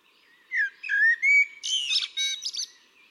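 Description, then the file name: Eurasian blackbird delivering a smooth, whistled melodic phrase that ends in a burst of high, chattering squeaky notes. "Turdus merula"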